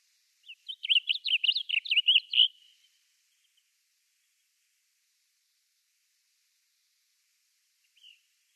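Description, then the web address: Blue grosbeak song: one quick, rich warbling phrase of jumbled rising and falling notes lasting about two seconds, then silence with a single faint note near the end. "Schulze Peter Blue Grosbeak song"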